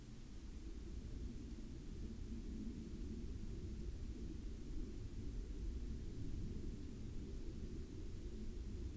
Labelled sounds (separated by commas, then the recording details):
aircraft
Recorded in the Arctic National Wildlife Refuge, Alaska, on 12 May 2019 at 16:23
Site 37